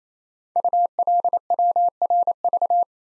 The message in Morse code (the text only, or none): ULWRV